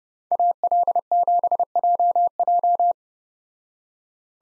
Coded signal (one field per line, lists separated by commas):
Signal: Morse code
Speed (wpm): 31 wpm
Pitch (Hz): 700 Hz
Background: none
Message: AL7JJ